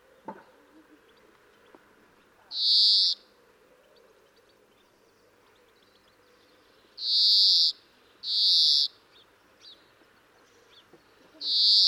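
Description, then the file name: European greenfinch calling with drawn-out, nasal buzzing wheezes, one alone, then two close together and a fourth at the very end, with faint background noise between them. "Chloris chloris"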